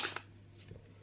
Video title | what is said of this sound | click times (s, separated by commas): ☢️ Atom-scan.com ПРОДАМ КУПЛЮ РЕМОНТ ОРЕНДА Dosimeter Geiger counter Radiation Атом-скан ATOM-SCAN™® | клацання щелчка все | 0.2 s